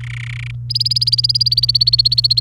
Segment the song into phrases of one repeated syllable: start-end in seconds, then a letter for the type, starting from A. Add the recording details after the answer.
0.01-0.51 A, 0.70-2.40 B. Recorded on 28 April 2018 at 09:55. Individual llb3